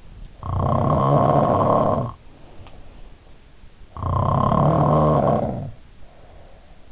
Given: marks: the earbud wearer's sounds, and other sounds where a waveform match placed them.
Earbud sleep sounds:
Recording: sounds in sleep by an in-ear microphone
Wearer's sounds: snoring breath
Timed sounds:
0.29-3.49 s: snoring breath
3.89-6.92 s: snoring breath

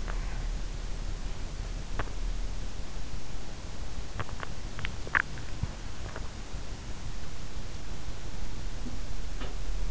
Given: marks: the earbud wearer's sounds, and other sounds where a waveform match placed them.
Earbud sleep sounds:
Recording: sounds in sleep by an in-ear microphone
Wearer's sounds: teeth grinding, body movement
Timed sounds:
0.00-0.38 s: teeth grinding
1.81-2.30 s: teeth grinding
4.09-6.43 s: body movement
8.83-9.78 s: sound from someone else or the room

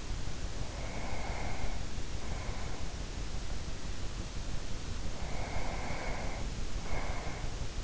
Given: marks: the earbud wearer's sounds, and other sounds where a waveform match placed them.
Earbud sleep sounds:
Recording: sounds in sleep by an in-ear microphone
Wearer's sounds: breath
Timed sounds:
0.46-3.22 s: breath
5.10-7.83 s: breath

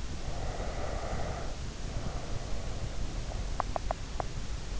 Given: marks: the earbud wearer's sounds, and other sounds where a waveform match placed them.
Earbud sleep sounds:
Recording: sounds in sleep by an in-ear microphone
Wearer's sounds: breath, teeth grinding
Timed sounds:
0.24-2.86 s: breath
3.25-4.35 s: teeth grinding

